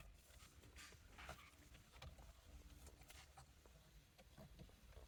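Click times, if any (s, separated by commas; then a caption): none. A replacement clock spring (spiral cable) is handled onto the steering column of a 2011-2017 BMW X3 F25, with steady low rumble and scattered light taps and rustles of handling. Nothing has seated or clicked into place yet.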